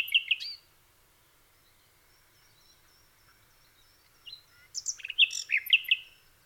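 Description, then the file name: Common nightingale song: a brief burst of quick notes, a long near-silent pause with faint thin whistles, then a varied phrase of sharp whistled and rattling notes. "nachtegaal"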